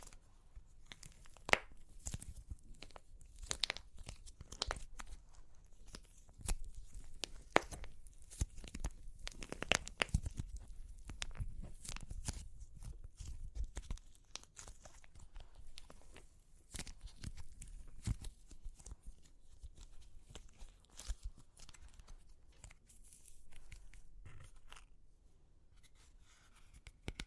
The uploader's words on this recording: Super Crunchy Clay Cracking (No Talking).